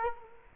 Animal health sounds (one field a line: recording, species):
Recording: mosquito wingbeat signal from an infrared sensor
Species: Culex quinquefasciatus